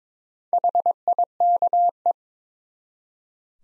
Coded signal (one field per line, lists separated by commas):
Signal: Morse code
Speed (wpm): 22 wpm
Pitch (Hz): 700 Hz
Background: none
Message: HIKE